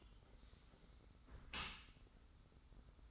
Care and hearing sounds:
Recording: daily activity, microphone in the room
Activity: close dishwasher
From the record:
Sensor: 3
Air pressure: 991.3 hPa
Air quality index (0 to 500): 136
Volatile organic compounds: 236 ppm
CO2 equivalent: 4322 ppm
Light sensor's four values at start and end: 52/140/57/50 and 51/140/57/50

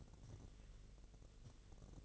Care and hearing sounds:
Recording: daily activity, microphone in the room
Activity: take from stove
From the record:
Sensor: 4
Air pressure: 1000.1 hPa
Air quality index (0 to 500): 223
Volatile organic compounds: 27 ppm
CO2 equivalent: 2882 ppm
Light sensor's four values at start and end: 9/20/8/8 and 9/19/8/7

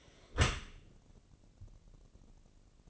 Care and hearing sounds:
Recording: daily activity, microphone in the room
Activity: close dishwasher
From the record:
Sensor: 4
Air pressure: 1013.2 hPa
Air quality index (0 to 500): 172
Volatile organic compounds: 2 ppm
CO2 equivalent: 1082 ppm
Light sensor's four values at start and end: 73/182/75/76 and 73/181/75/76

